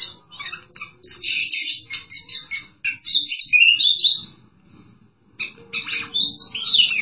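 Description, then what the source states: Oriental magpie-robin song: rapid, varied phrases of bright whistles mixed with harsh, buzzy notes, with a short pause near the end before singing resumes. Chirping song (kicauan) of the bird.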